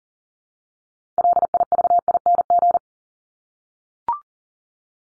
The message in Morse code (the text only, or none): LIVING